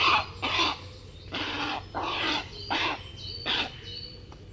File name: Grey Heron (Ardea cinerea)